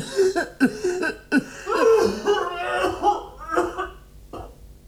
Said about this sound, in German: Ich huste ebenfalls und werfe ängstliche Blicke. Hustete hier wer? Ich tat es, Gnäher.